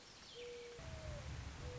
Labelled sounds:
Mourning Dove (Zenaida macroura)
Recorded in Sonoma County, California

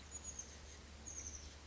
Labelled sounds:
Chestnut-backed Chickadee (Poecile rufescens)
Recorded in Sonoma County, California

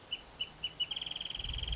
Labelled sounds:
Wrentit (Chamaea fasciata)
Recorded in Sonoma County, California

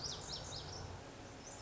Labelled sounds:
Lazuli Bunting (Passerina amoena)
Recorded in Sonoma County, California

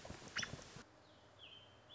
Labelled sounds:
American Robin (Turdus migratorius)
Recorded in Sonoma County, California

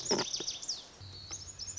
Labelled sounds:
Lazuli Bunting (Passerina amoena)
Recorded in Sonoma County, California

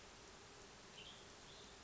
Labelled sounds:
Western Tanager (Piranga ludoviciana)
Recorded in Sonoma County, California

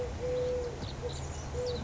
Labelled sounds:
Eurasian Collared Dove (Streptopelia decaocto)
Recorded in Sonoma County, California

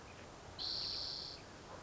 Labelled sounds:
Spotted Towhee (Pipilo maculatus)
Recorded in Sonoma County, California

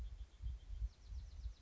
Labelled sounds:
Bewick's Wren (Thryomanes bewickii)
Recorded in Sonoma County, California

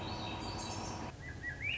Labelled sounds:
Swainson's Thrush (Catharus ustulatus)
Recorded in Sonoma County, California

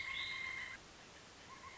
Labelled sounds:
Pileated Woodpecker (Dryocopus pileatus)
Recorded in Sonoma County, California

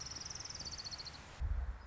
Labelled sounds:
Orange-crowned Warbler (Leiothlypis celata)
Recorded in Sonoma County, California

